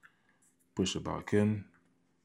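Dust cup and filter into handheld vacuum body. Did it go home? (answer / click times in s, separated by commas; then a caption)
no / none. The dust catch cup and its main filter are being pushed back into the body of a Hoto Autocare Air Duster & Vacuum handheld vacuum while someone talks. Nothing has seated or clicked yet; the clip ends just before the assembly locks home.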